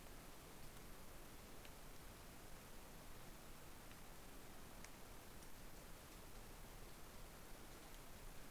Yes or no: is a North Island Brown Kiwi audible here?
no